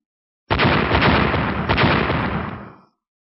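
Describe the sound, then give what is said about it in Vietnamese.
A loud, sustained explosive roar as two giant fists slam into each other, bursting in suddenly, rumbling with dense crackling energy and a couple of sharper surges before tapering off after about two seconds. “Những tiếng nổ vang lên liên tục.”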